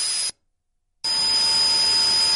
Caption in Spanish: Zumbido en el oído se llama tinnitus. Hay muchos tipos de tinnitus. Imagínense oír eso todo el día.